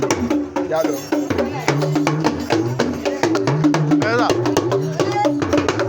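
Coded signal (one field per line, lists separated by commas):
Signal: talking drum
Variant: Yoruba dùndún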